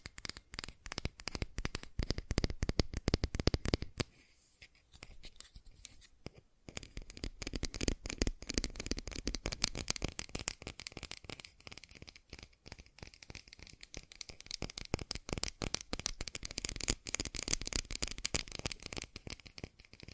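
Fast tapping runs nearly nonstop, a dense stream of sharp clicks packed too close to count. It is loudest in the first four seconds, drops away briefly around five to seven seconds, then returns steady and quick through the end with small swells.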